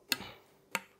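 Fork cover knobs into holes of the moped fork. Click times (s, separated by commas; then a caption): 0.1 s, 0.8 s. A cover (can) is pressed onto a Puch moped fork, with no grease under it, so its knobs engage the matching holes and stay in place during up-and-down movement. Two sharp clicks are heard at 0.1 s and 0.8 s. The cover has snapped into place.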